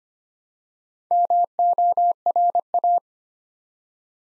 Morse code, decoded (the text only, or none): MORA